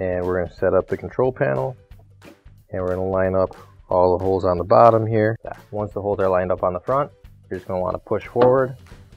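Someone talks while a Maytag dryer control panel is set up, its bottom holes are lined up with the front of the dryer top console, and it is about to be pushed forward so its tab locks in. Only speech is heard, with a faint sudden sound at 2.6 s. Nothing has seated or clicked yet.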